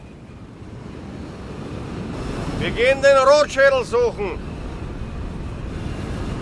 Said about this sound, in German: Und so schnell der Wind gekommen war, so schnell war er auch wieder vorbei.